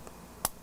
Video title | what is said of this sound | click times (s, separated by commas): Canon R6 FULL 4K Part 2 Live Stream April 23rd Peter Gregg Live | you hear it snap? | 0.4 s